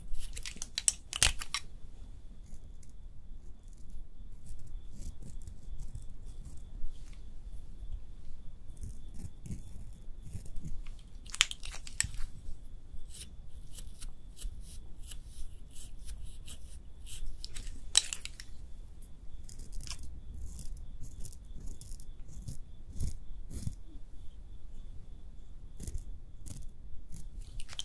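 Makeup being applied without talking: soft brushing and tapping, a constant faint high whine, and sharp crisp clicks near 1, 11 and 18 seconds.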